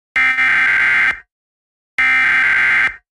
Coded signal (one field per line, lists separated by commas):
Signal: Emergency Alert System (SAME) tones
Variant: header bursts